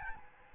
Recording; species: mosquito wingbeat signal from an infrared sensor; Aedes albopictus